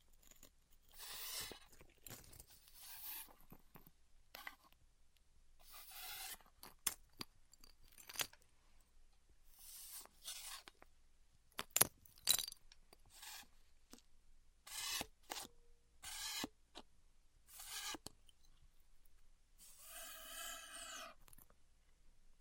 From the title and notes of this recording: ASMR Styrofoam Heat Cutting (No Talking).